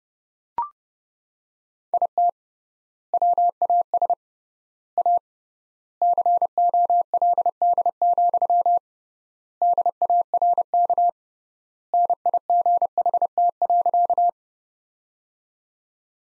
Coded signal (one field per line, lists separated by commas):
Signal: Morse code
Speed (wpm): 32 wpm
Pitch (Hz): 700 Hz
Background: none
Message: IT WAS A COLD, DARK NIGHT.